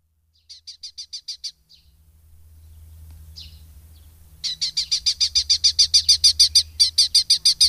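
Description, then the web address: Red-footed falcon: a short burst of high repeated notes, a gap, then a longer, louder fast chatter of sharp kew notes over a low background hum. "agykontroll Madardalok Cd 2. Kék vércse"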